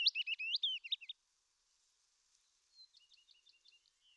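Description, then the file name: Willow warbler song: the end of a bright phrase, a quiet pause, then a fainter second phrase. "fitis"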